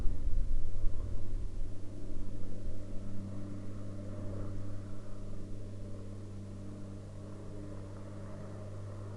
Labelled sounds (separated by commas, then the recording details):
aircraft
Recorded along the Dempster Highway, Canada, on 22 August 2019 at 04:04
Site 25